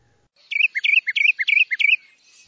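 Wren giving a rapid series of sharp, repeated notes in a short clipped burst, over a quiet background.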